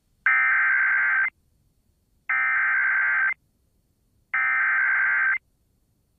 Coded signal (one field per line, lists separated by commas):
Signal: Emergency Alert System (SAME) tones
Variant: header bursts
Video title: TEXAS, TEXAS, WHY TEXAS... | EAS Alerts from May 6th, 2023 (EAS #2466-2482)